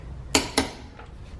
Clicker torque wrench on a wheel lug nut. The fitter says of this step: And this is a clicker type torque wrench, so when you hear that click, then you're to the right torque.